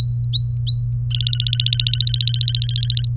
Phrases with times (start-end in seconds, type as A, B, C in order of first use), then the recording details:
0.00-0.93 A, 1.11-3.02 B. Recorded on 23 April 2018 at 15:59. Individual llb3